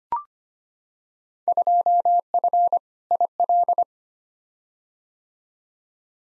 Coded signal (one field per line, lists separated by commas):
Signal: Morse code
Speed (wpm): 25 wpm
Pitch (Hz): 700 Hz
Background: none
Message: 2F IL